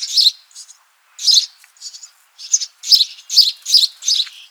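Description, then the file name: House sparrow chirps: a loud opening note, a pause, then a run of harsh chirps mixed with softer chatter. "Passer domesticus"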